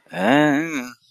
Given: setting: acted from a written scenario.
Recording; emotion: vocal sound without words; contempt